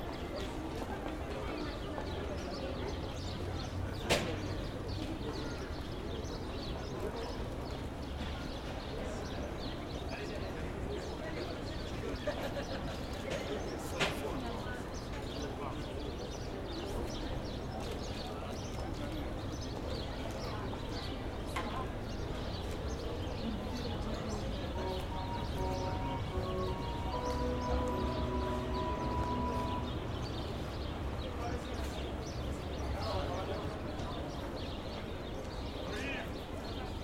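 A street in Geneva and its surroundings: a steady, dense wash of low traffic rumble and murmuring voices, with footsteps tapping along. Sharp knocks stand out near 4 and 14 seconds, and from about 25 to 31 seconds a thin, wavering whistle-like tone rises above the crowd.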